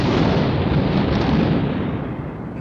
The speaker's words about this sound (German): Nee, lieber nicht, da zieht schon wieder ein Gewitter auf.